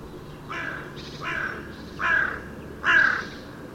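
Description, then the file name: Carrion crow cawing, four harsh, hoarse caws spaced under a second apart, growing louder toward the end, over a low steady background hum. "Corvus corone"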